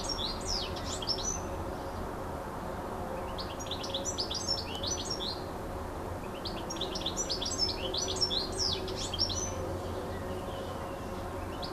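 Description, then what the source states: Bird song: bursts of high, rapid twittering and slurred chirps recurring every few seconds, with a constant low background rumble. Recorded on an MZ-N 710 device, dated 26 06 14.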